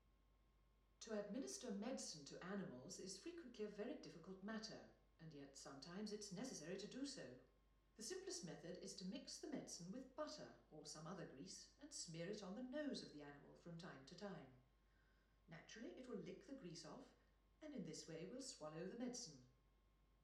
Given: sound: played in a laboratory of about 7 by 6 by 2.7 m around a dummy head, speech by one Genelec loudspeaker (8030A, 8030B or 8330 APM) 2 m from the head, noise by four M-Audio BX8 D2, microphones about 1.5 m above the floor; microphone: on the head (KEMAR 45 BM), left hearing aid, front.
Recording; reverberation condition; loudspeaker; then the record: female speech in English; medium; 150 degrees to the left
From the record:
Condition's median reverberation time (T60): about 510 ms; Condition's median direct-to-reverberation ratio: about -0.5 dB